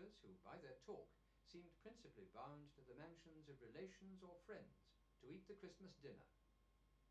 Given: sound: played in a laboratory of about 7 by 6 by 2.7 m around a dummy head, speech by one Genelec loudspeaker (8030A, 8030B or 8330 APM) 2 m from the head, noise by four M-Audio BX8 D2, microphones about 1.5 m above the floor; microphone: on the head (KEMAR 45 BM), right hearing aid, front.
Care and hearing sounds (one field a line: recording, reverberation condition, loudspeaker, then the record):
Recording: male speech in English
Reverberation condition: low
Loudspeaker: 90 degrees to the left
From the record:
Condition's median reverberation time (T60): about 310 ms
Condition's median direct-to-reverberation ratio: about 3.5 dB